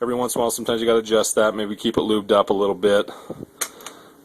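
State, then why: Seated. A Butler Creek folding stock on a Ruger 10/22 .22 rifle is folded in while someone talks, and its hinge latch locks into place. There is a sharp snap at 3.6 s and a softer click at 3.9 s.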